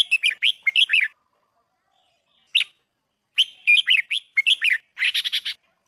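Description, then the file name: Red-whiskered bulbul song of fast, bouncy chirped phrases, a single isolated note, then more warbling ending in a buzzy chattering series. Thai red-whiskered bulbul; song style called giọng kép (double voice). "tieng chao mao thai lan hot giong kep"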